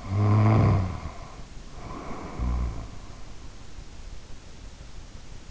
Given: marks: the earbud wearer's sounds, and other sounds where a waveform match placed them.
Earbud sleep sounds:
sounds in sleep by an in-ear microphone; snoring breath
0.00-3.52 s: snoring breath

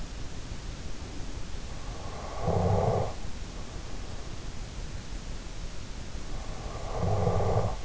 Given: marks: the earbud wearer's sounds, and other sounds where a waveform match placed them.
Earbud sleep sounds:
sounds in sleep by an in-ear microphone; breath, snoring breath
0.61-1.82 s: breath
1.90-3.20 s: snoring breath
6.45-7.85 s: snoring breath

